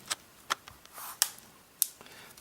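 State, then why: Seated. The plastic back cover of a Samsung Galaxy Mega 6.3 smartphone is put back on and pressed down around its edges. Its clips catch one after another with sharp snaps at 0.5, 1.2 and 1.8 seconds, with fainter ticks and rustling between them. The cover snaps into place on the phone body.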